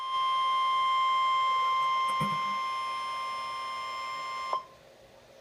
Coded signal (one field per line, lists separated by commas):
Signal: Emergency Alert System (SAME) tones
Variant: 1050 Hz attention tone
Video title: Severe Thunderstorm Warning - EAS #401